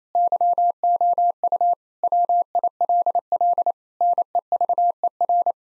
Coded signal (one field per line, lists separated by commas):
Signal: Morse code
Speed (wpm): 28 wpm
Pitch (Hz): 700 Hz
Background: none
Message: YOU WILL NEVER